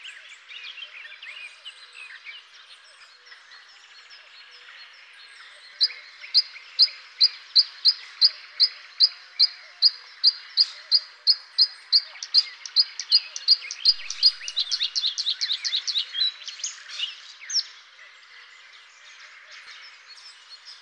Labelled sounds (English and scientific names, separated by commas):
Bluethroat (Luscinia svecica) song